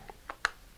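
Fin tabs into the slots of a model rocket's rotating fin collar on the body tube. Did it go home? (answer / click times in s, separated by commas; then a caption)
yes / 0.3 s, 0.5 s. The fin tabs of a model rocket, cardboard or plastic, are rotated into the slots of the rotating fin collar on the body tube until they all catch, so the assembly can slide forward and lock the fins in place. A faint tick at 0.1 s is followed by two sharp clicks at 0.3 s and 0.45 s, the second being the loudest. The tabs catch and the fins seat.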